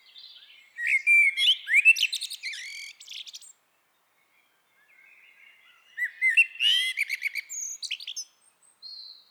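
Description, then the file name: Common blackbird singing two phrases several seconds apart, each a mellow, fluted warble breaking into high, squeaky twittering. "Turdus merula"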